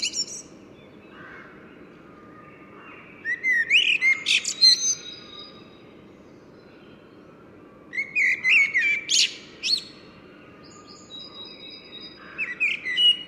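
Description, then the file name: Common blackbird song: a phrase of fluted whistles and high squeaky twitters, another after a pause, and a third beginning at the end, with steady low background noise. "Turdus merula"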